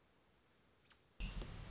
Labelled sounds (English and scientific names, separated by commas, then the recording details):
American Robin (Turdus migratorius)
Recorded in Sonoma County, California